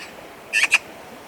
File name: Pica pica